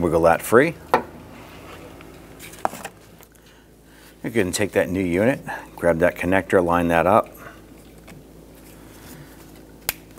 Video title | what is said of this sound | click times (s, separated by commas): How to Replace Rear Door Lock Actuator 2002-2008 Dodge Ram 1500 | press it on you can hear infield snap into place | 9.9 s